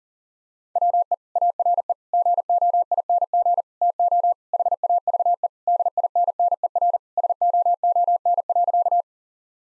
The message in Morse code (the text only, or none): WE ARE GOING TO HAVE DINNER SOON.